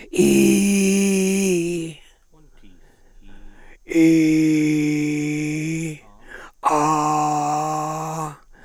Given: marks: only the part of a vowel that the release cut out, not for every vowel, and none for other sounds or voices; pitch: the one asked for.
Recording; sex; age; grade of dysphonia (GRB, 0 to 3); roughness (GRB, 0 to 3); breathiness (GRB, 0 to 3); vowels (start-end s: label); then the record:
sustained vowels; male; 60 to 69 years; 3; 2; 3
0.60-1.44 s: vowel /i/, high pitch
4.11-5.74 s: vowel /i/, low pitch
6.83-8.13 s: vowel /a/, low pitch
From the record:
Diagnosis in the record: frontolateral partial laryngectomy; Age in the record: 67 years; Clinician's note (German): Aufnahme 6 nach OP